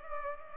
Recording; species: mosquito wingbeat signal from an infrared sensor; Culex pipiens